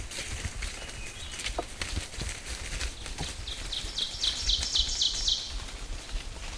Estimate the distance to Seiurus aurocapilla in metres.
about 25 m